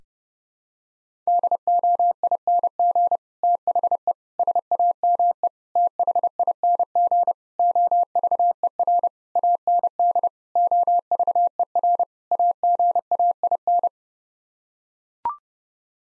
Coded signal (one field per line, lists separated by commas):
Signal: Morse code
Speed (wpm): 30 wpm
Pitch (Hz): 700 Hz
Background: none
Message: DOING THE SAME THING OVER AND OVER AGAIN